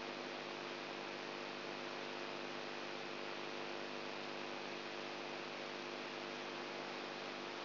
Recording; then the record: brain microelectrode recording played as sound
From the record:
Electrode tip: inside the subthalamic nucleus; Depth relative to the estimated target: 3 mm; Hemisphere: right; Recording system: AlphaMap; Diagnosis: Parkinson's disease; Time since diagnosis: 20 years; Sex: female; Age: 64 years